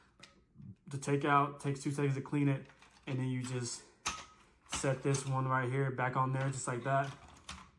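After cleaning, a removable part is set back onto an appliance's base while someone talks, with brief sharp sounds at about 0.2, 4.1 and 7.5 seconds. Nothing has seated or clicked into place yet.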